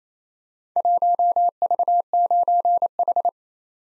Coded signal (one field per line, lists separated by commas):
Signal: Morse code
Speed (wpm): 28 wpm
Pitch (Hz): 700 Hz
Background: none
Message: 1V9H